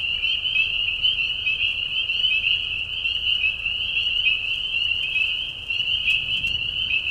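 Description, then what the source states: Spring peepers in full chorus, a dense wall of high, shrill peeps blending into one continuous ringing band, with faint sharper clicks above. Mating call chorus in a marsh at night during a short spring season, Tiny Marsh Conservation Area, Tiny, Ontario; high whistles at low volume.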